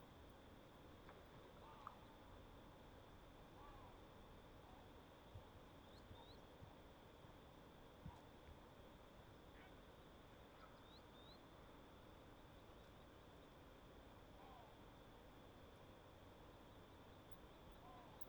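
A calm lake at dusk, with a steady high insect drone, faint bird chirps, and occasional soft clicks over a low hush.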